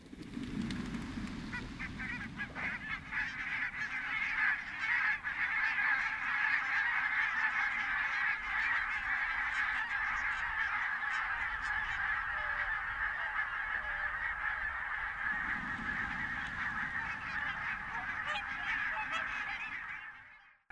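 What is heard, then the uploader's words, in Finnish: A huge flock of barnacle geese calls in a dense, unbroken chorus of honking that fills the whole clip. A soft, low rush of countless wings swells at the start and again from around fifteen seconds as the birds lift off, before everything fades away. Suuri valkoposkihanhiparvi nousee kohahtaen lentoon. Tuhansien siipien pehmeä ääni.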